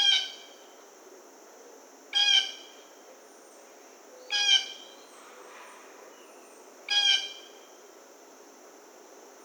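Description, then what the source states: Blue jay harsh calls: several short bursts about two seconds apart, with a steady high hum in the background. Recorded 1 August 2009.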